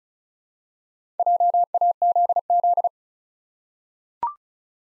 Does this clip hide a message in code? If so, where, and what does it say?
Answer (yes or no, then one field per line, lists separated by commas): yes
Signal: Morse code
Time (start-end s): 1.2-2.9 s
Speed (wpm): 36 wpm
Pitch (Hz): 700 Hz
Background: none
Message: JAZZ